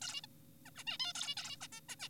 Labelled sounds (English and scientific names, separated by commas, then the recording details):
Zebra Finch (Taeniopygia guttata)
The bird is an adult
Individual g4p5U